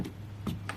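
A new Rain-X Latitude wiper blade's plastic adapter is being handled and pushed onto the metal hook of the wiper arm. A steady low hum runs throughout, with brief faint handling taps near 0.1, 0.5 and 0.7 seconds. The blade has not clicked into place yet.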